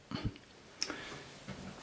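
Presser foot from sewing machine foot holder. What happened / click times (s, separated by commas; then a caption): The clip-on part snapped free of its holder / 0.8 s. On a Janome (New Home) My Style MS22 sewing machine, the button at the back of the foot holder is pressed to release the zigzag presser foot. After a couple of low thumps early on, a sharp click sounds at 0.8 s as the foot pops off the holder, followed by faint handling noise. The presser foot is released from the holder.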